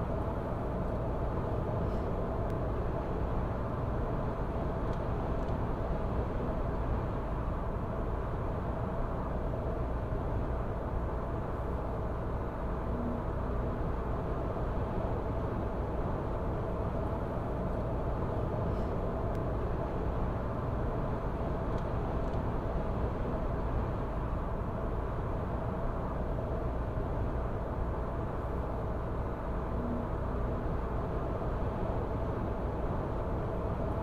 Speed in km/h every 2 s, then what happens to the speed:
106, 106, 106, 106, 106, 106, 106, 106, 106, 106, 106, 106, 106, 106, 106, 105, 105.
0-34 steady at about 106.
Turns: none.